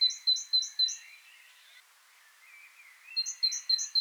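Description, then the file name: Great tit song: bright two-note phrases alternating high and low, a quick run at the start, a pause with softer chatter, then the run resumes. "Parus major"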